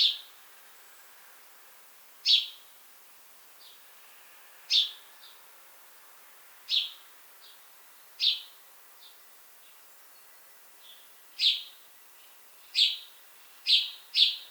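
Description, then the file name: House sparrow chirps, single sharp notes spaced a couple of seconds apart, coming faster near the end, over faint background hiss. "Passer domesticus"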